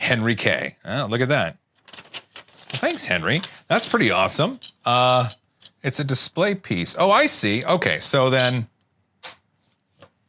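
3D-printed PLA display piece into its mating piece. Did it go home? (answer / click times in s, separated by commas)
yes / 10.0 s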